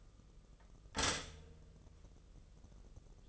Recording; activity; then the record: daily activity, microphone in the room; stop toaster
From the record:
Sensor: 4